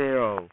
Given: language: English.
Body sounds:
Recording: throat vibration sensor signal played as sound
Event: speech

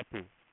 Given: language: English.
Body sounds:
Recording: throat vibration sensor signal played as sound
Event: speech

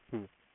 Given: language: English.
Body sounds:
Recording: throat vibration sensor signal played as sound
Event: speech

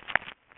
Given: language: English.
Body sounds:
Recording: throat vibration sensor signal played as sound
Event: swallow

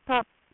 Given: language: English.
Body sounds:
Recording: throat vibration sensor signal played as sound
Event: speech

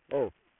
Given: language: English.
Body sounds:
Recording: throat vibration sensor signal played as sound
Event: speech

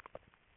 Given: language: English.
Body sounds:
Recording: throat vibration sensor signal played as sound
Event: swallow

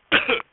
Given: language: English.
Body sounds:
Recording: throat vibration sensor signal played as sound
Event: cough

